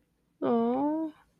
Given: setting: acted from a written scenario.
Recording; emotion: vocal sound without words; sympathy